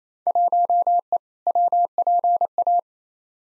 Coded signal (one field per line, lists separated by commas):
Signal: Morse code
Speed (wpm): 27 wpm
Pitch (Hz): 700 Hz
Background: none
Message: 1E WPA